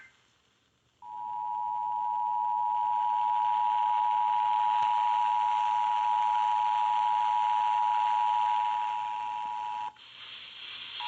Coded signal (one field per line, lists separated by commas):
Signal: Emergency Alert System (SAME) tones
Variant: 853 and 960 Hz attention tone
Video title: WCOS uses NWSCAP?! | EAS #1-13 (1/4-5/2023)